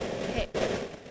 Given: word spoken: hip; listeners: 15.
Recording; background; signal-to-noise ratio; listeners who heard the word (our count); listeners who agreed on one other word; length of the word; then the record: one English word in noise, from a listening test; noise modulated by three-talker babble; -5.6 dB; 1 of 15; 9 of 15; 0.71 s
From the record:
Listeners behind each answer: 9, 3, 1, 1, 1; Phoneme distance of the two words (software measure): 20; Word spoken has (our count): 1 syllable, 3 phonemes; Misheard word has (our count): 1 syllable, 3 phonemes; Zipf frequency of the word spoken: 4.37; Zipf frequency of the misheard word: 5.16